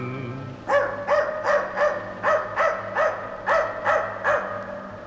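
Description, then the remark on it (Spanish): A dog with paper horns barks about nine times in a steady, evenly spaced rhythm, each bark sharp and mid-pitched, over a low constant hum with no talking. “Que saquen al perro con cuernos de papel.”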